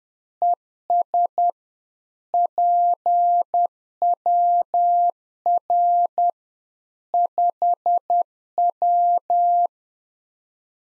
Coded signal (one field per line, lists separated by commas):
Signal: Morse code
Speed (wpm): 10 wpm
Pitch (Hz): 700 Hz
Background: none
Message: ES PWR 5W